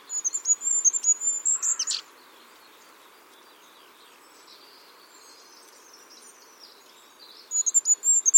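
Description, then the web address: Bird calls: a rapid series of very high, thin notes at the start, a long pause with faint background hiss, then the high notes return near the end. "birddata Deverinetal 2025"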